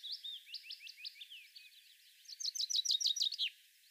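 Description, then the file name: Common chaffinch song: soft, slurred opening notes lead into a louder, quicker series of sharp descending notes that ends abruptly near three and a half seconds. "Fringilla coelebs"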